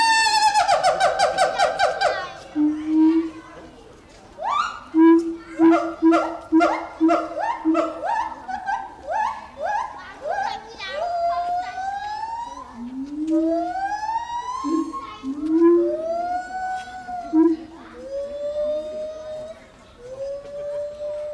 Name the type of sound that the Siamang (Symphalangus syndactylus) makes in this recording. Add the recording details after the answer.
call. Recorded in captivity. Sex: male. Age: subadult. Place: Zoo Berlin, Berlin, DE. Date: 1996-03-23 12:02. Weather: heiter, 4°C. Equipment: Sony WM-D6C, Sennheiser ME 80, Kopie Uher 4000 Report Monitor. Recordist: Tembrock, Günter